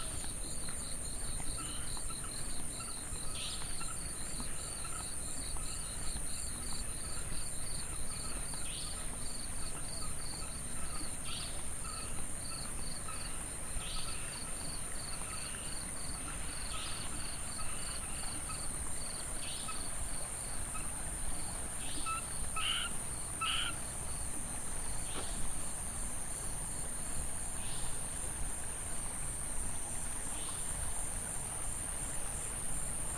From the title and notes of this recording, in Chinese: 深夜裡的寧靜_蘇澳煙波大飯店外的河堤步道。走在飯店外的河堤邊,撇除了極少的喧囂車聲與人聲,感覺到特別寧靜,大部分傳入耳中的都是蟲鳴鳥叫。